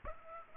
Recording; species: mosquito wingbeat signal from an infrared sensor; Aedes aegypti